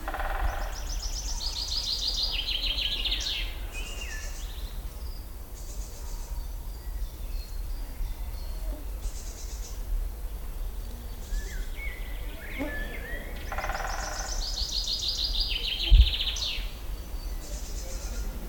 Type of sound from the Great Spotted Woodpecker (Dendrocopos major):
drumming